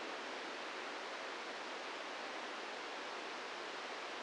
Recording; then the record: brain microelectrode recording played as sound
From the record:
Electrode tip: inside the subthalamic nucleus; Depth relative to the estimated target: -2 mm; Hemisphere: right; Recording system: NeuroSet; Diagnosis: Parkinson's disease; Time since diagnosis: 13 years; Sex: male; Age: 63 years